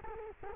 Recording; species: mosquito wingbeat signal from an infrared sensor; Culex quinquefasciatus